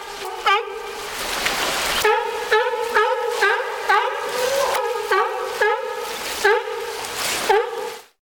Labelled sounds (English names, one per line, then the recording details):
California Sea Lion
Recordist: Tembrock, Günter
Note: Rufreihe